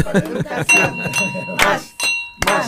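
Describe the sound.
A bell rings with steady, sustained high-pitched tones that linger beneath ongoing talk, its ringing partials holding for a couple of seconds while voices continue over it.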